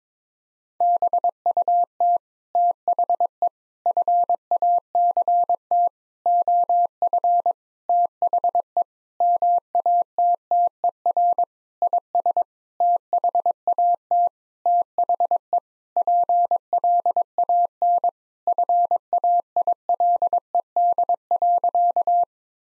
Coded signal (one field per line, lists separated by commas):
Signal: Morse code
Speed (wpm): 22 wpm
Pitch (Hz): 700 Hz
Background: none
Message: BUT THE FACT OF THE MATTER IS THAT THE PLAN FAILED.